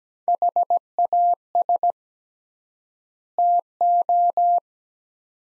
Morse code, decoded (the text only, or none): HAS TO